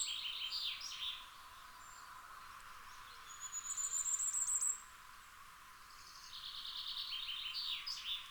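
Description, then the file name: Common firecrest singing a fast, very high-pitched run of thin notes lasting about a second and a half, with lower twittering phrases before and after. "Fiorrancino"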